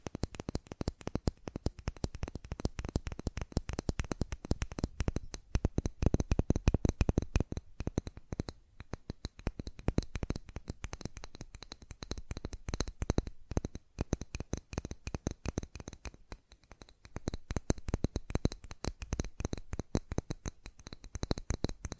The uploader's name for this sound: ASMR Fast Tapping